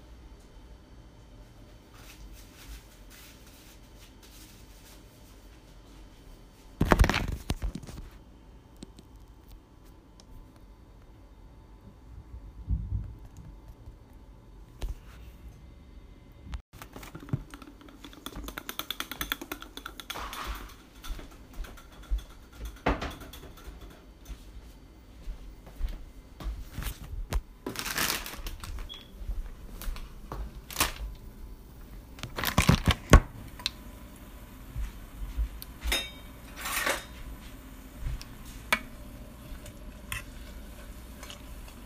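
Fried Oreos and funnel sticks being handled and eaten, with crisp crunches and taps scattered through. A sharp loud crackle lands near seven seconds, and after about seventeen seconds the crunching grows busier, with bright bursts around twenty-eight and thirty-three seconds over a low steady hum.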